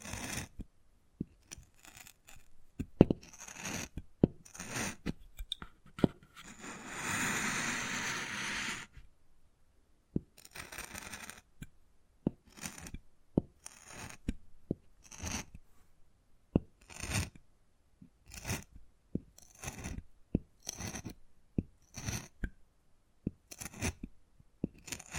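Wood carving sounds: short, irregular taps, scrapes and scratches, each a brief burst followed by a silent gap, recurring every second or so throughout. Around seven to nine seconds a longer, steadier rasping scrape runs unbroken before the intermittent tapping and scratching resumes.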